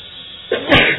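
sneeze

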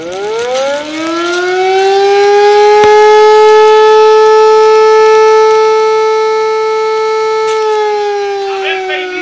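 alarm siren wailing

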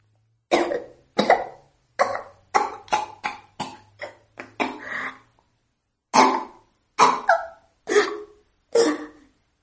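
dry coughing

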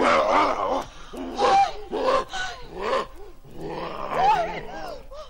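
lion growling

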